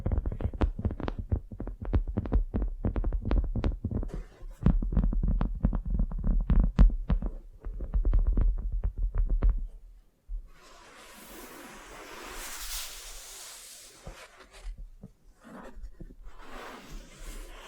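A tingly wax facial spa treatment: for the first ten seconds, quick sticky taps and clicks come thick and fast over a low, thudding rumble. Then the sound shifts to a soft, steady hiss of brushing or spreading, swelling briefly around the thirteenth second.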